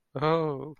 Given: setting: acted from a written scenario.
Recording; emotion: vocal sound without words; amusement